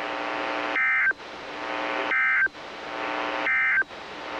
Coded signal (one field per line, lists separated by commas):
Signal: Emergency Alert System (SAME) tones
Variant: end-of-message bursts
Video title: EAS Capture #19-20 - Final RWTs of the year.